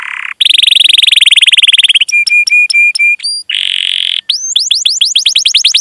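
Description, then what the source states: Canary song: a long rapid trill of buzzy notes, then clear level whistled pips, another dense trill and fast rising sweeps repeated in quick succession. Song described as gacor, with the best cengkok phrasing and the most luxurious fill-ins.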